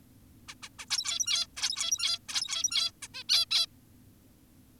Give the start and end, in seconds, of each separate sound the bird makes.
0.48-0.54, 0.63-0.69, 0.79-0.86, 0.91-1.47, 1.57-2.19, 2.29-2.92, 3.02-3.08, 3.14-3.24, 3.29-3.46, 3.51-3.66